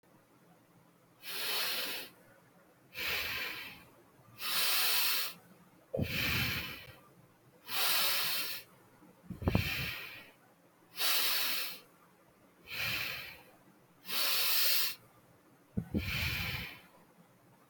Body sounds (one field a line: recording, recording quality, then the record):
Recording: deep breathing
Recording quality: moderate, slight background noise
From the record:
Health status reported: healthy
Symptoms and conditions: none ticked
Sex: female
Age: 22 years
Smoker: not ticked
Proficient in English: yes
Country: India